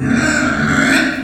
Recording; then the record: squeal of a Yucatan mini pig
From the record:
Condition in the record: after surgery on the right vocal fold (resection and tissue-engineered implant); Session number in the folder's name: 3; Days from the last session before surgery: 21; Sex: female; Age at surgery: 19 weeks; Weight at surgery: 25 kg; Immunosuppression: prednisolone